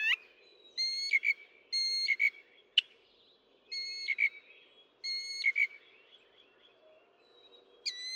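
Northern mockingbird singing phrases of clear, steady whistled notes with harmonics, repeated with pauses between, and a single sharp click.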